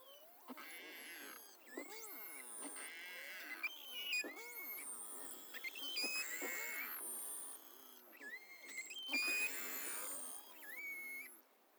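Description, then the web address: Beluga whale calls, many overlapping upswept and downswept whistles with bright harmonics and buzzy pulsed bursts, coming in rapid clusters throughout with short pauses between. Northern Baffin Island, 3 August 2015, 23:23 UTC, recorded on an AMAR autonomous acoustic recorder. "BELUGA figures Baffin north"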